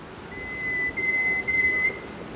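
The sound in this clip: Blue-grey robin call: a single long, level, pure whistle, with a faint steady high tone running through the background.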